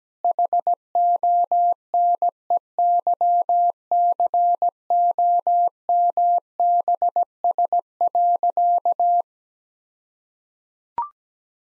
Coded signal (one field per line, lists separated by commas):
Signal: Morse code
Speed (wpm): 17 wpm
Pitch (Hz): 700 Hz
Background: none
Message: HONEYCOMBS.